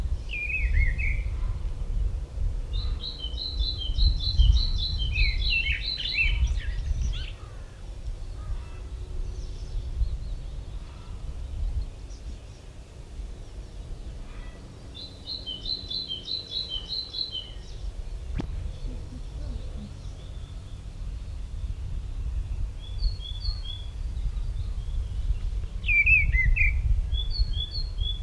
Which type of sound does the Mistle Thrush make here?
song